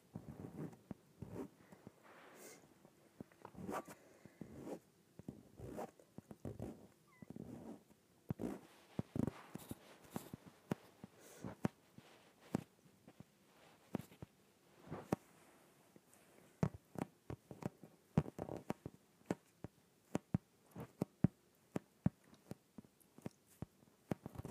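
An inflated yoga ball is handled, giving a dense run of short squeaks, taps and rubbing scrapes across the whole clip. The sounds come irregularly, several per second, mostly sharp bright clicks with some longer rubbery squeals, growing busier and louder after the midpoint.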